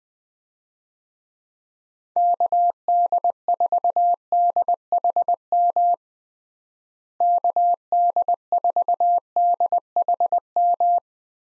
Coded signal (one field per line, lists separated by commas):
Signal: Morse code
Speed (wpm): 21 wpm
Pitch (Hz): 700 Hz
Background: none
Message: KD4DHM KD4DHM